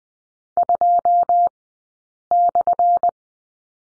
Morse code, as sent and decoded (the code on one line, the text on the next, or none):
..--- -..-.
2/